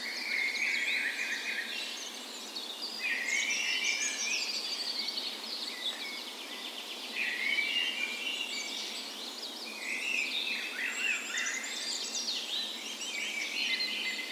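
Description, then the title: Birds in a dense dawn chorus, many overlapping whistles, trills and chirps sounding continuously with several singers at once. Dawn chorus in a park west in Bergen, Norway, recorded on the morning of 17 May, Norway's National Day, in full spring; Sony PCM A10 recorder with LOM Usi microphones. "17th Of May Dawn Chorus"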